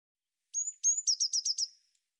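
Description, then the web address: Eurasian blue tit giving a single high call: two thin, slightly rising whistles, then five rapid, slightly lower buzzy notes trailing off, in silence. "cianscape birddata Deverinetal 2025 Bird Cy Ca"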